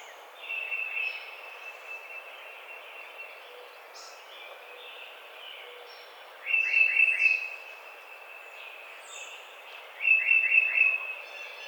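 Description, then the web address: Tufted titmouse singing two bursts of three to four rapid down-slurred whistles, several seconds apart, with faint high chips from other birds in the background. Recorded on 30 April 2009. "Tufted Titmouse 2009 04 30"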